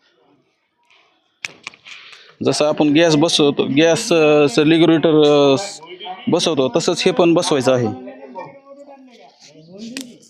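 A gas-saving attachment is pressed onto an LPG cylinder valve the same way a regulator is fitted, while someone talks. Earlier short taps occur around 1.4–1.7 s, and a single sharp snap at 10.0 s marks the attachment seating on the valve.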